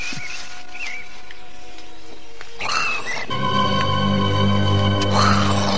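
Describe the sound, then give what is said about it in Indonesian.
A large monkey calls out in harsh, raspy bursts, with a low, steady droning tone running underneath the second half and thin whistly chirps scattered throughout. “Astaga, monyet besar berdiri di depanku.”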